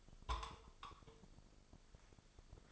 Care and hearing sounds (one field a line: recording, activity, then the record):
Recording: daily activity, microphone in the room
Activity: take from stove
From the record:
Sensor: 5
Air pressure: 995.5 hPa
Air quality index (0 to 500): 98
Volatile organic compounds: 6 ppm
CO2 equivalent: 1868 ppm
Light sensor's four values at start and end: 35/84/35/36 and 34/81/33/34